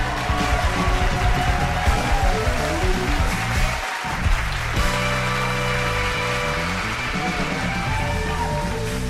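A loud, steady wash of applause lasting several seconds, with sustained tonal sounds and crowd noise mixed underneath and a brief dip in the middle.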